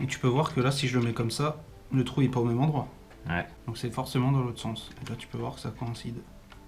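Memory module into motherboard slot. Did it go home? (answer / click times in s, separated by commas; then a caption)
no / none. A memory module is turned the other way to line up its key notch with the motherboard slot while someone talks throughout. The clip ends just before the module is pushed home; nothing has seated or clicked yet.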